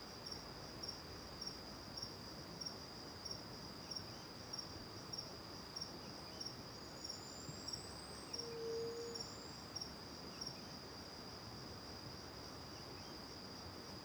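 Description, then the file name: Cricket chirping in rapid, regular pulses forming a high buzzing trill, with faint thin bird whistles sweeping upward and a brief low tone partway through. Recorded in the morning, back to the river near the Angélica cave; several birds present; crickets far at first, then near; AB stereo recording. "De costas para o rio perto da caverna angelica de manha, varios passaros, grilos longe e depois perto, gravacao em ab"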